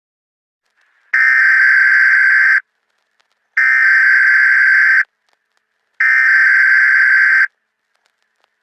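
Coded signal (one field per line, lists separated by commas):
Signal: Emergency Alert System (SAME) tones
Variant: header bursts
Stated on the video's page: Fictional flood EAS alerts, not real alerts.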